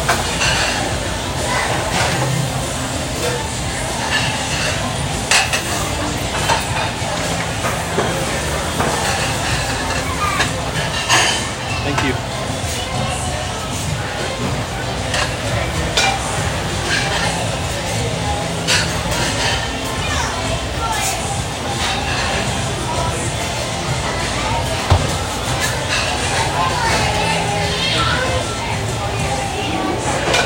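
A busy restaurant kitchen at Sunday breakfast in Phoenix, with a steady wash of chatter and frequent sharp clinks of dishes and utensils throughout.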